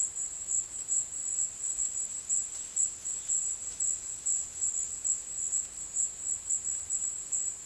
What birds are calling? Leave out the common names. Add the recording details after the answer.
none. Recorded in dense forest near Puerto Asís, Putumayo, Colombia, on 21 February 2024 at 16:00. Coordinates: 0.505, -76.324. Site G6467